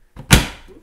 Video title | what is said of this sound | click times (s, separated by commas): DEWALT DCCS670X1 Flexvolt 60V Brushless Chainsaw Review: Part 1 | snaps right into it | 0.3 s